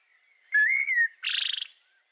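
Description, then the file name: Common blackbird giving one song phrase: a smooth, wavering fluty whistle followed immediately by a short burst of high, buzzy twittering. "Turdus merula"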